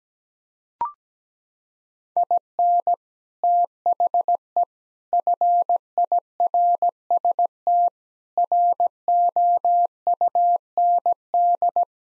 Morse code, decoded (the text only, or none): IN THE FIRST ROUND